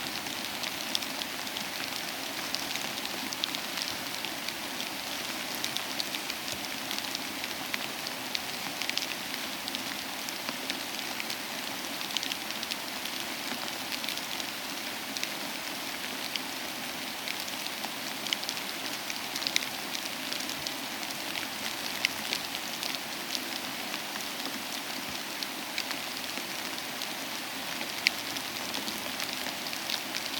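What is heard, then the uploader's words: Ice crackles and ticks as snow falls onto it, a dense, steady patter of tiny bright clicks that never lets up across the half minute. The texture is crisp, sitting high and light, with no low rumble beneath. Crisp Crackling Ice and Snow Sounds. Relax to the soothing sound of crackling ice as snow falls onto it.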